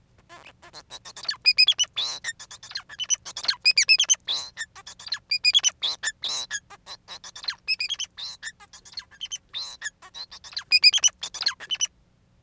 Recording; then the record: song of a male Bengalese finch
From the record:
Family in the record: son of father 4